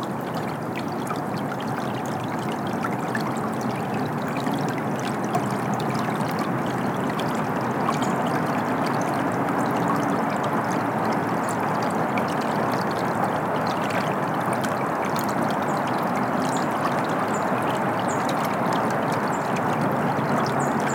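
A creek rushes steadily along a woodland trail, its dense, churning wash filling the low and middle range without a break. The water grows slightly louder after about seven seconds, and faint small ticks and splashes flicker through the brighter top end.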